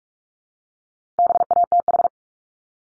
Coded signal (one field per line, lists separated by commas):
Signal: Morse code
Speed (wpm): 44 wpm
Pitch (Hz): 700 Hz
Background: none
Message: BATH